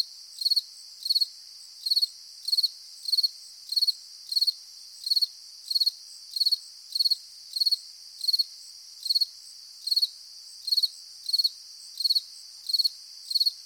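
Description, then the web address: Grasshopper chirps in quick high pulse groups, repeated about every two-thirds of a second, roughly twenty in all, above a continuous thin insect hum. Summer morning in nature, with insects buzzing and grasshoppers chirping. "latna sutrin sred prirodata zuzene na nasekomi curulikane na skakalci"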